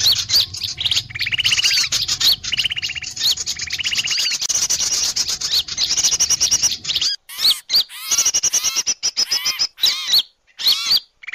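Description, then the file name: Birds in a dense mixed chorus: high chirps and whistles with rapid buzzy trills repeating, then broken, choppy bursts of calling near the end. Lure call (pikat) presented as the calls of a thousand birds. "pikat 1000 burung"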